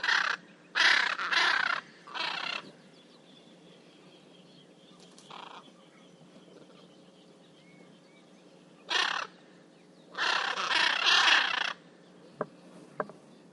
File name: Golosa ptic Giacintovyj ara Anodorhynchus hyacinthinus